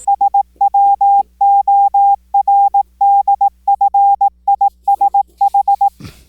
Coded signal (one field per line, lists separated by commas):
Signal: Morse code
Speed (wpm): 18 wpm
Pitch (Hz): 800 Hz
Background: none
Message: SWORDFISH